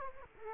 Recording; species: mosquito wingbeat signal from an infrared sensor; Culex quinquefasciatus